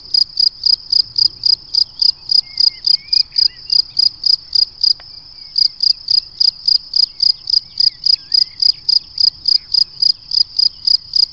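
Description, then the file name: Cricket producing an even stream of sharp high chirps, pausing briefly once. "Le chant du grillon"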